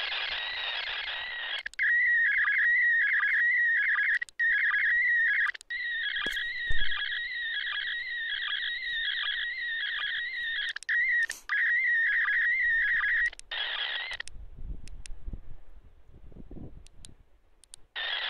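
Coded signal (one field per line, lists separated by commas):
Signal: SSTV (slow-scan television)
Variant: PD180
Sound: steady warbling whistle around 2 kHz with rhythmic chirps, briefly interrupted twice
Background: FM radio hiss, squelch dropouts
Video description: An example of SSTV (slow-scan television) transmission being received on a ham radio, 2m band (145,800mhz). The signal has to be decoded with a software on a PC - used MMSSTV (coding PD180).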